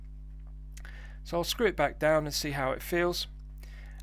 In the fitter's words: pushing it back in it's got a nice positive click and that restarts the movement